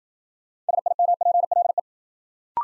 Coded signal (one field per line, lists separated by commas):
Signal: Morse code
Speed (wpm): 54 wpm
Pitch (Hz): 700 Hz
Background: none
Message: SIMPLE